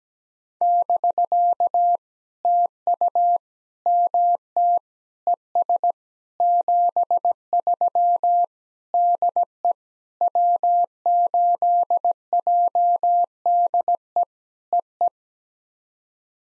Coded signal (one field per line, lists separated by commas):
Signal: Morse code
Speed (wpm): 17 wpm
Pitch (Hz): 700 Hz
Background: none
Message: <BK> TU MT ES 73 DE W8JDE EE